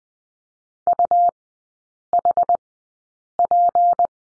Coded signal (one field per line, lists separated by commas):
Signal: Morse code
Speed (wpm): 20 wpm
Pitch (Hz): 700 Hz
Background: none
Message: UHP